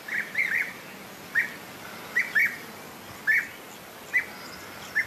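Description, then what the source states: European Bee-eater calls: short rolling liquid notes, given singly or in pairs, over a quiet background hiss. Recorded in Petrovdol, Bulgaria, by a listener who calls it the most beautiful bird of Bulgaria.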